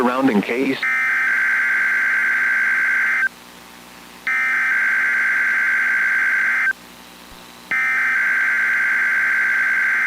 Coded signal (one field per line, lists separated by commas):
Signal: Emergency Alert System (SAME) tones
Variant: header bursts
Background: speech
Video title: The First FREEZE of the Season | 4/2-8/2026 (EAS #1,898-1,903)